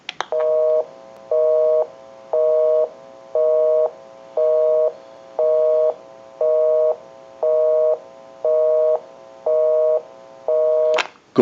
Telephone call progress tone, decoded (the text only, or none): busy tone